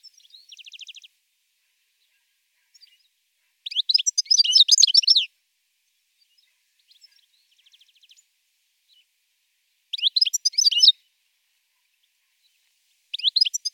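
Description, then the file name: European goldfinch song: three short bursts of fast, high, liquid twittering, with faint thin notes in the quiet gaps. "chardonneret"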